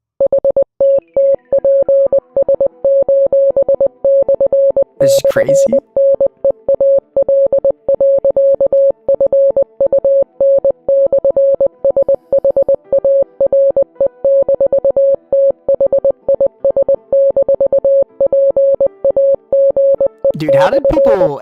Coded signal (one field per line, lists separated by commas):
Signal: Morse code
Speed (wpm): 20 wpm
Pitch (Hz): 550 Hz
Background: music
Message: HTTPS://NEAL.FUN/SHARE-THIS-PAGE/